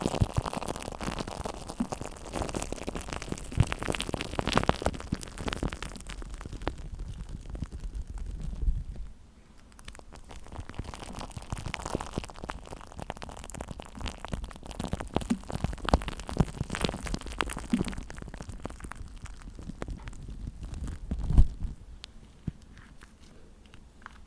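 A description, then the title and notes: Shaving foam being worked over a microphone gives a dense, crackling fizz of tiny pops, like rain on a surface. It is loudest in the first nine seconds, drops suddenly, then builds back in uneven waves with a sharp thump near 21 seconds before thinning out. ASMR The ULTIMATE Tingles With SHAVING Foam On The MIC.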